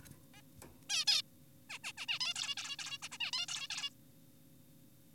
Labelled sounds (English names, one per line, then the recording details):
Zebra Finch
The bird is an adult
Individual g4p5U